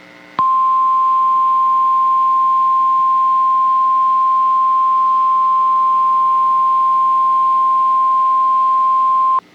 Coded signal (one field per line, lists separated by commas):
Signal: Emergency Alert System (SAME) tones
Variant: 1050 Hz attention tone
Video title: Severe Thunderstorm Warning (Brevard, Orange, Osceola Counties, FL) (3/30/25) [EAS #103]